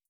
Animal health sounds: hydrophone in a shrimp aquaculture tank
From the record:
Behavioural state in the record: starved

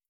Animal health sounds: hydrophone in a shrimp aquaculture tank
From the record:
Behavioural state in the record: starved

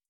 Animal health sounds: hydrophone in a shrimp aquaculture tank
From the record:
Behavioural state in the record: starved

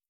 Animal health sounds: hydrophone in a shrimp aquaculture tank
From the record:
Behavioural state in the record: starved

